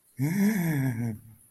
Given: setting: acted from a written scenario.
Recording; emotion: vocal sound without words; awe